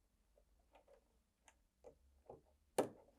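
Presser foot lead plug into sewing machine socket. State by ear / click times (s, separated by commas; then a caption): seated / 2.8 s. A presser foot's lead plug is pushed into the socket at the back of a Bernina 770 QE Plus sewing machine. Soft ticks and light clicks build toward a sharp final click at 2.8 s as the plug seats fully, and the machine then recognises the foot.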